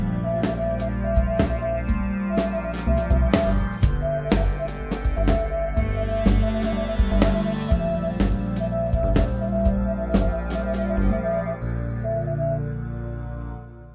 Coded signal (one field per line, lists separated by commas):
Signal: Morse code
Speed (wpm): 20 wpm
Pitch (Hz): 660 Hz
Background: music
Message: CQ DX DE PA5HR PA5HR K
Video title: FT8 Aktivities on 14 MHZ with homemade rot. Dipole